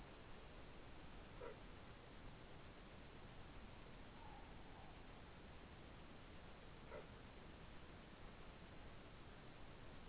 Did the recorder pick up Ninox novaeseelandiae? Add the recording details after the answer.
yes. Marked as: faintness 4/5. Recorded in New Zealand. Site Taranaki